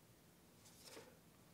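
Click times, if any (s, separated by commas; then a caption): none. The extended shroud on an air rifle barrel is rotated quietly and lined up, giving a soft brushing, rustling sound with a slightly brighter patch around 0.8–1.0 s. The shroud has not seated or clicked into place yet.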